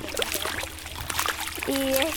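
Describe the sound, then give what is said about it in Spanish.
Cold lagoon water splashes and trickles in a steady, uneven wash as feet dip in, with a short murmuring voice rising over the water near the end. “estamos aquí en la laguna sintiendo los sonidos del agua.”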